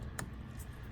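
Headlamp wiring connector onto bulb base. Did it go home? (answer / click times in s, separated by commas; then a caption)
yes / 0.2 s. On a Toyota C-HR, the headlamp wiring connector, which fits only one way with its clip on the bottom, is slid back onto the base of a new 9012 headlamp bulb. A single sharp click sounds at 0.2 s over a low, steady background. The connector is seated and holds firmly without pulling out.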